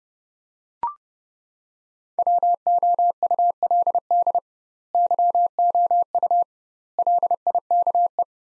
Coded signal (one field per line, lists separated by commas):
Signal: Morse code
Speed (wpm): 30 wpm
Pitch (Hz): 700 Hz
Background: none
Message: WOULD YOU LIKE